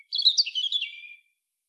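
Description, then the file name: European robin song: one quick cascade of liquid, high warbled notes sliding gradually downward, then silence. "Erithacus rubecula"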